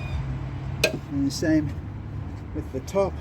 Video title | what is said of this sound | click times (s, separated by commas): New Addition to Dryft Fleet - First Repair | so you don't have to pop anything you just push it on and you should click into into place and | 0.8 s